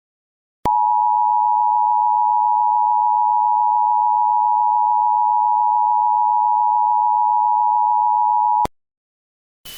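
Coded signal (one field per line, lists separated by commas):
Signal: Emergency Alert System (SAME) tones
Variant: 853 and 960 Hz attention tone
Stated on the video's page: Fictional EAS scenario, a simulated alert rather than a real broadcast.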